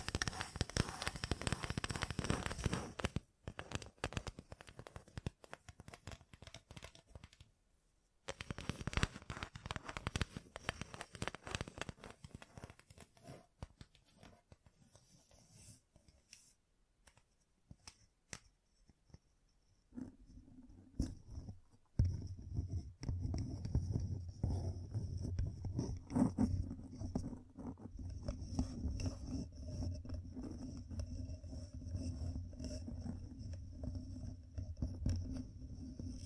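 Fingertips tap and scratch in dense, crackly bursts, with sharp pauses near 3 and 8 seconds. Around 15 to 20 seconds the sound thins to sparse, quieter clicks. From 20 seconds a steady low hum joins continuous fine scratching that runs to the end.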